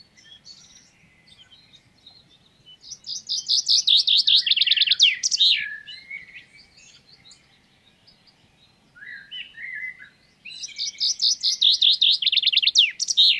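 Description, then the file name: Common chaffinch song: a bright, descending trill of repeated notes ending in a quick flourish, given twice, with softer chirps between. "Fringilla coelebs"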